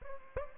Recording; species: mosquito wingbeat signal from an infrared sensor; Aedes aegypti